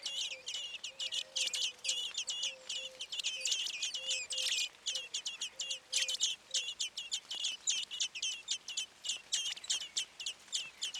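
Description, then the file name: Common blackbird giving rapid, high chinking calls in dense bursts, nearly continuous, while a soft low note repeats faintly in the background for the first part. "Turdus merula"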